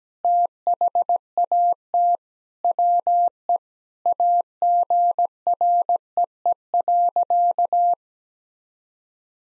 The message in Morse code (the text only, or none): THAT WE AGREE.